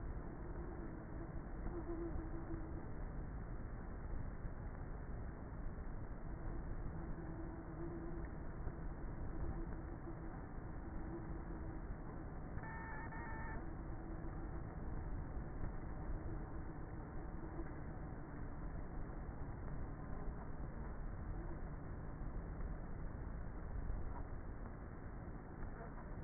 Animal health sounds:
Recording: honeybee colony, microphone inside the hive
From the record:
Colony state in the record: queenless with a low population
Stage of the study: before two queens were removed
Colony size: about 30,000 bees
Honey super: no

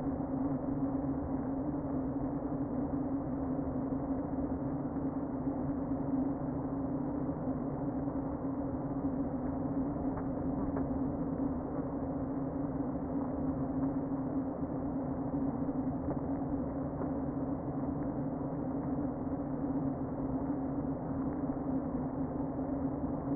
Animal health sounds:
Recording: honeybee colony, microphone inside the hive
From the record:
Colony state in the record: queen present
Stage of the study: before two queens were removed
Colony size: about 60,000 bees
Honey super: yes

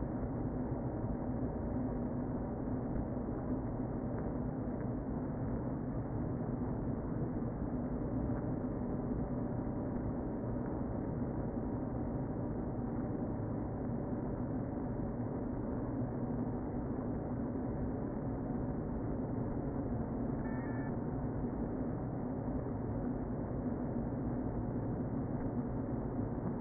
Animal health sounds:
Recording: honeybee colony, microphone inside the hive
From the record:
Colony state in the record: queen present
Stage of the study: before two queens were removed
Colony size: about 60,000 bees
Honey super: yes

